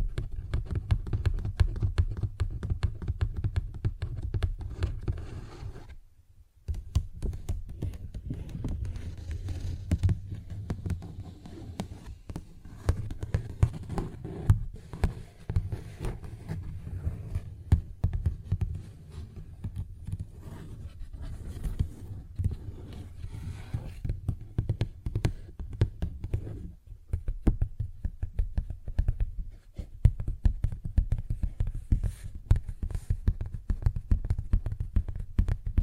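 Paper bag tapping and scratching, a dense run of quick, irregular taps and rustles that continues nearly throughout. The sound sits mostly low and dull, with sharp clicks reaching higher. A brief silence falls around six seconds, then the busy tapping resumes unevenly.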